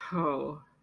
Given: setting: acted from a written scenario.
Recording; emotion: vocal sound without words; romantic love